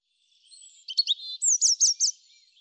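European robin song with a thin drawn-out whistle, then a burst of scratchy notes and several loud, high sliding notes in quick succession.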